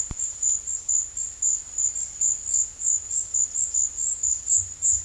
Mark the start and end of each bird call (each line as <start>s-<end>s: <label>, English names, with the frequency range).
1.68s-2.61s: White-winged Becard (1.9-3.9 kHz)